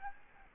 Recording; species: mosquito wingbeat signal from an infrared sensor; Aedes albopictus